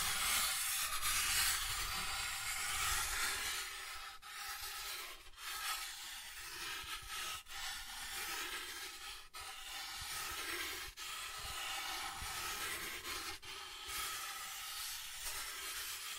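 Soft tracing over a surface makes a continuous hissing rub, fairly steady, with brief dips and small scratchy breaks every second or two.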